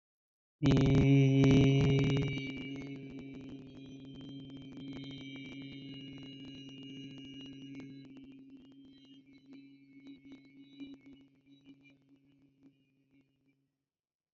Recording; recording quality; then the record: sustained vowel as in beet; moderate, slight background noise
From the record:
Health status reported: respiratory illness, not identified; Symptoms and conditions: asthma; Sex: male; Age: 27 years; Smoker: not ticked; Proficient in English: yes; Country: India